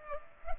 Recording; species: mosquito wingbeat signal from an infrared sensor; Culex pipiens